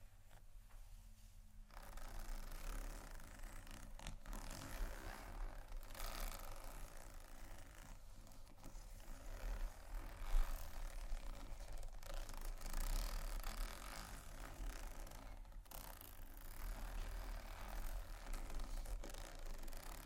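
Scratching and tapping on a luxury leather bag, a dense, continuous rustle of rubbing and scraping that runs almost without pause after a quiet first second or two. Brief dips occur near four, eight and fifteen seconds, with a sharper tap around ten seconds.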